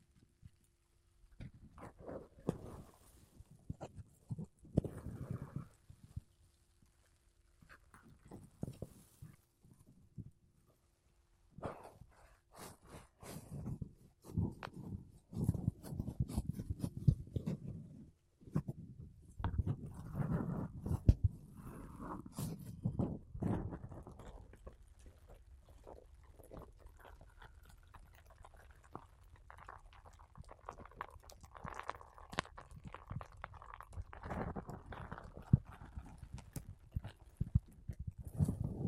Mic Brushing Using Makeup Brushes and Sponge